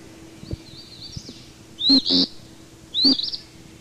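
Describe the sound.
Eastern phoebe phrases, two quick burry notes then another, after a thin drawn-out high note, with faint clicks underneath.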